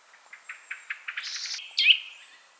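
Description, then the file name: Eurasian nuthatch calls: a quick series of short, thin notes, about five a second, getting louder, then one louder, sharp note near the end. "Sitta europaea"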